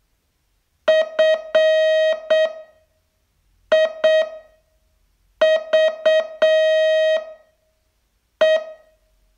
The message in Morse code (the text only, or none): FIVE